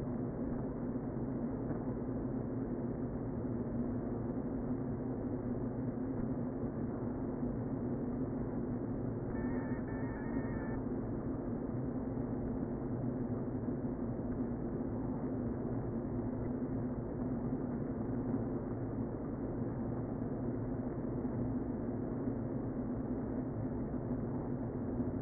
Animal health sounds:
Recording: honeybee colony, microphone inside the hive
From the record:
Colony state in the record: queen present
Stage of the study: before two queens were removed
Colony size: about 60,000 bees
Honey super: yes

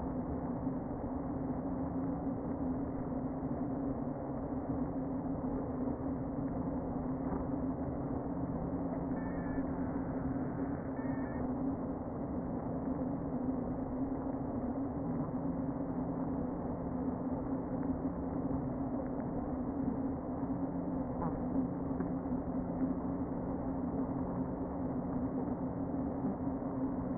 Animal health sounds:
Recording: honeybee colony, microphone inside the hive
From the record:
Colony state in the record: queen present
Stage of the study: before two queens were removed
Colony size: about 60,000 bees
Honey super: yes

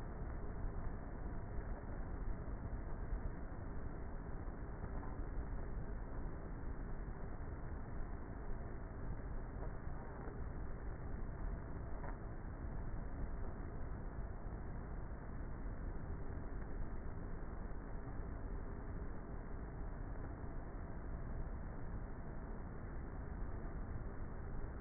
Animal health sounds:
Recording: honeybee colony, microphone inside the hive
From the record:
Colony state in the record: queenless with a low population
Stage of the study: before two queens were removed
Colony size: about 30,000 bees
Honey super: no

